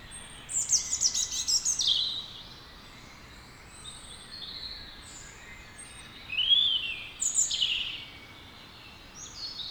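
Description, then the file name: European robin song, high thin warbles in two main phrases with a gap between, plus faint high notes. "Erithacus rubecula"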